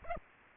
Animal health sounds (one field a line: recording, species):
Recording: mosquito wingbeat signal from an infrared sensor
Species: Aedes aegypti